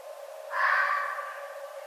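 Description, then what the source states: Red fox with a lone hoarse, breathy call that rises in loudness then dies off gradually; a continuous low hum runs throughout. Recorded 11 November 2011.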